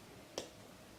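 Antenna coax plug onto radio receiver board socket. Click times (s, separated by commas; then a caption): 0.4 s. A small antenna coaxial plug is pressed down onto the socket of a radio receiver board during a drone build. A single short, sharp snap comes at 0.4 s against a quiet background. The plug seats and clips onto the receiver.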